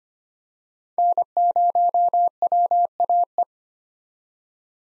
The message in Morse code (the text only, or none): N0WAE